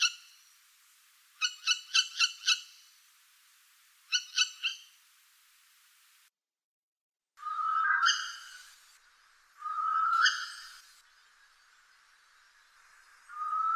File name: Sova yastrebinaya Surnia ulula